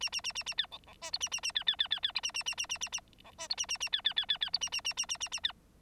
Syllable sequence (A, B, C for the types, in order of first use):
A A A A A B C C D E A A A B B B B B A A A A A A A C D E A A A B B B B B E A A A A A A A B